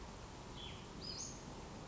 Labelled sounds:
Western Flycatcher
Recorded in Sonoma County, California

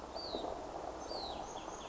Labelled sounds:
Hutton's Vireo
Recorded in Sonoma County, California

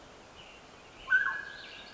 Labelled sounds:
Mountain Quail
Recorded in Sonoma County, California

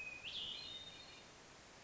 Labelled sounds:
Hermit Thrush
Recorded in Sonoma County, California

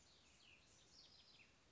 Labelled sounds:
Cassin's Vireo
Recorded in Sonoma County, California

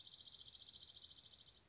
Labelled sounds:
Dark-eyed Junco
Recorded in Sonoma County, California

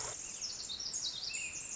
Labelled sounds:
Pacific Wren
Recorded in Sonoma County, California

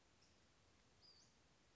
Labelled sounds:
Western Flycatcher
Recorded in Sonoma County, California

